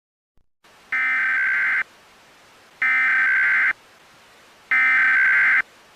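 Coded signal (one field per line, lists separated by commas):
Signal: Emergency Alert System (SAME) tones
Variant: header bursts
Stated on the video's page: This is a fictional Easter EAS scenario whose SAME tones are stated to be valid.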